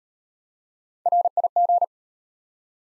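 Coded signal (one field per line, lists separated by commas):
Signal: Morse code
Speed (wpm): 35 wpm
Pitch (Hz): 700 Hz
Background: none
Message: RIG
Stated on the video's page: Morse practice of the top 20 QSO elements, starting fast and slowing to a 25 wpm base; fastest speed 1.5 times base, final repeat at maximum speed.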